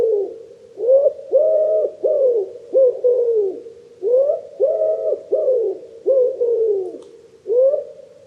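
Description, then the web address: Common wood pigeon giving deep, hollow coos in repeated rhythmic phrases, with brief pauses between phrases. "cianscape. Deverinetal 2025. Bird Only"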